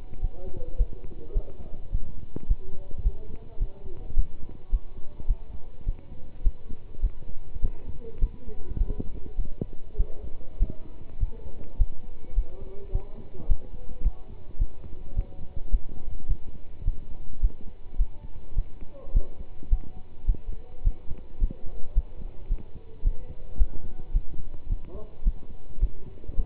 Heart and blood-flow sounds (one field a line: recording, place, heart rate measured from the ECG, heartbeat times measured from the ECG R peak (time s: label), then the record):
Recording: heart sounds by stethoscope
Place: between the tricuspid and mitral areas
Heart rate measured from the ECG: 106 bpm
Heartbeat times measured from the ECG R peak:
0.21 s: heartbeat
0.77 s: heartbeat
1.33 s: heartbeat
1.91 s: heartbeat
2.47 s: heartbeat
3.02 s: heartbeat
3.59 s: heartbeat
4.15 s: heartbeat
4.70 s: heartbeat
5.27 s: heartbeat
5.85 s: heartbeat
6.43 s: heartbeat
7.01 s: heartbeat
7.61 s: heartbeat
8.20 s: heartbeat
8.77 s: heartbeat
9.36 s: heartbeat
9.96 s: heartbeat
10.58 s: heartbeat
11.19 s: heartbeat
11.77 s: heartbeat
12.34 s: heartbeat
12.91 s: heartbeat
13.47 s: heartbeat
14.02 s: heartbeat
14.58 s: heartbeat
15.15 s: heartbeat
15.70 s: heartbeat
16.27 s: heartbeat
16.84 s: heartbeat
17.40 s: heartbeat
17.97 s: heartbeat
18.55 s: heartbeat
19.13 s: heartbeat
19.69 s: heartbeat
20.26 s: heartbeat
20.83 s: heartbeat
21.40 s: heartbeat
21.94 s: heartbeat
22.48 s: heartbeat
23.03 s: heartbeat
23.57 s: heartbeat
24.12 s: heartbeat
24.68 s: heartbeat
25.24 s: heartbeat
25.80 s: heartbeat
26.36 s: heartbeat
From the record:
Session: pedaling a stationary bicycle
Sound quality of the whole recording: good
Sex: male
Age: 27 years